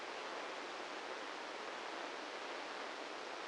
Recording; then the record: brain microelectrode recording played as sound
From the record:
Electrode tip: inside the subthalamic nucleus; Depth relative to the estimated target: -3 mm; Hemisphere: left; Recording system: NeuroSet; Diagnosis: Parkinson's disease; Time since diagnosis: 13 years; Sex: male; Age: 65 years